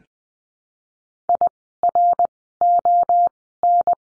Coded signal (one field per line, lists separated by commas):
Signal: Morse code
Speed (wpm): 20 wpm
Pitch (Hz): 700 Hz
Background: none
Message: IRON